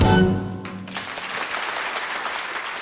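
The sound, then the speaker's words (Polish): A crowd breaks into steady applause as a sustained musical tone fades out, the clapping forming a dense, even wash of hand claps that continues throughout. “Znowu bijemy brawo, pięknie, pięknie.”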